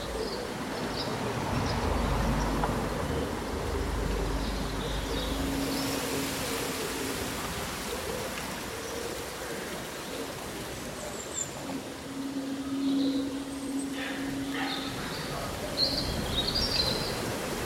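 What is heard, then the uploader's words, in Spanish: Wind rustles summer leaves in a steady dense wash, with a low rumble early on, a faint hum, and scattered small bird chirps throughout. Un bosque bañado por el sol.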